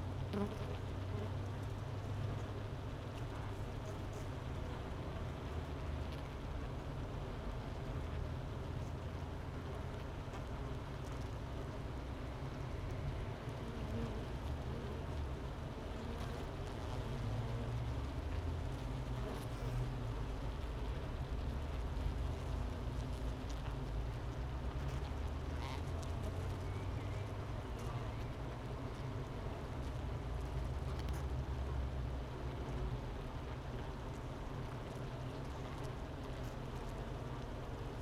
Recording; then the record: honeybee colony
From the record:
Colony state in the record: missing queen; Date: 31 May 2018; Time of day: 11:01